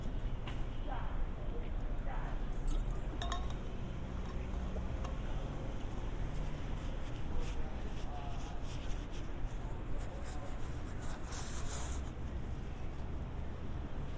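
A walk through San Diego streets carries a constant low rumble of traffic that never lets up across the fourteen seconds. Brief clicks and scrapes, like footsteps or small impacts, pop out now and then, and faint voices come and go underneath.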